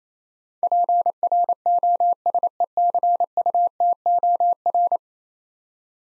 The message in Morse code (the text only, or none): PROSECUTOR